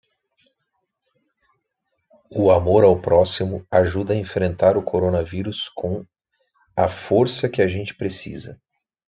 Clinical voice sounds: spoken sentence; Brazilian Portuguese; male; 40 to 49 years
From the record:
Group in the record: control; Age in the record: 41 years

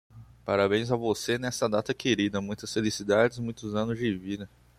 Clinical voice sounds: short text; Brazilian Portuguese; male; 18 to 19 years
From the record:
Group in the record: control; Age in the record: 19 years

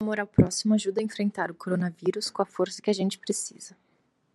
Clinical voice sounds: spoken sentence; Brazilian Portuguese; female; 20 to 29 years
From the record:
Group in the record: control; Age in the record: 28 years

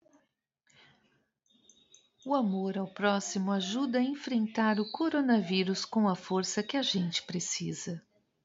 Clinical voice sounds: spoken sentence; Brazilian Portuguese; female; 50 to 59 years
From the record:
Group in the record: control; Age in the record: 52 years

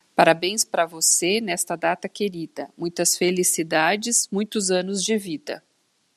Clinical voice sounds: short text; Brazilian Portuguese; female; 50 to 59 years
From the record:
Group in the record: control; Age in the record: 53 years

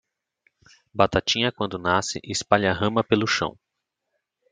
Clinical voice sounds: short text; Brazilian Portuguese; male; 30 to 39 years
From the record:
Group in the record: control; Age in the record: 33 years

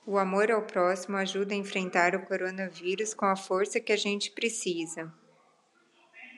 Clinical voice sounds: spoken sentence; Brazilian Portuguese; female; 40 to 49 years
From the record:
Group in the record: control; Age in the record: 48 years

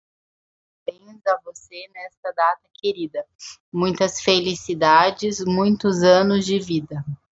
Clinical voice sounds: short text; Brazilian Portuguese; female; 20 to 29 years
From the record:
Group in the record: control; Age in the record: 27 years

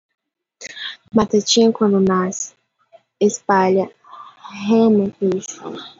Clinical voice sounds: short text; Brazilian Portuguese; female; 18 to 19 years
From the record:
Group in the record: control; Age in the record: 18 years

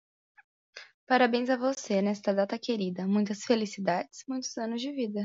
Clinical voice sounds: short text; Brazilian Portuguese; female; 20 to 29 years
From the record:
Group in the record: control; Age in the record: 28 years

